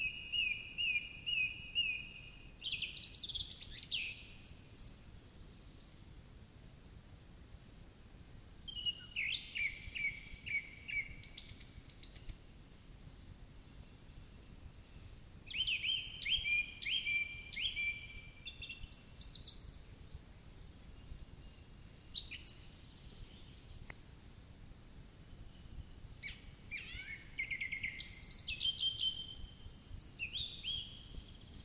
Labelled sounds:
Song Thrush (Turdus philomelos) song

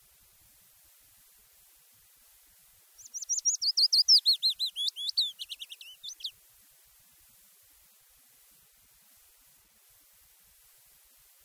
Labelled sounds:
Willow Warbler (Phylloscopus trochilus) song

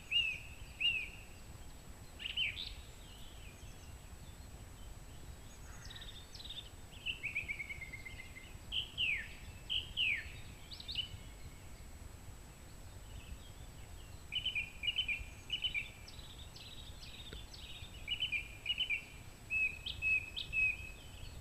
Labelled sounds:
Song Thrush (Turdus philomelos) song

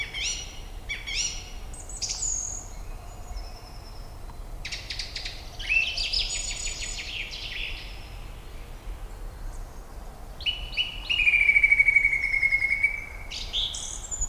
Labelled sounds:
Song Thrush (Turdus philomelos) song

